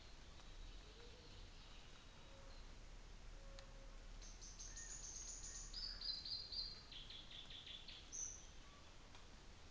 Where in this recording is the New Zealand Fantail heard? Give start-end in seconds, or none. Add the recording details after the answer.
none. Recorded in New Zealand on 24 December 2018. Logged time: 10:15